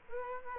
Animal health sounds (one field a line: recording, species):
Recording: mosquito wingbeat signal from an infrared sensor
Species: Culex quinquefasciatus